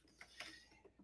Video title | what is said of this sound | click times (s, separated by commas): Shower Chair Review - U-Shape Shower Chair | you unfold and it will click into place using the buttons or what they call the marbles | 0.2 s, 0.4 s